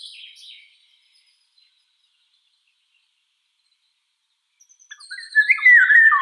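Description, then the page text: Eurasian golden oriole song: faint scratchy notes at first, a pause, then a loud, rich, fluting, slurred phrase in the final seconds. "Иволга обыкновенная (Oriolus oriolus) - Пение"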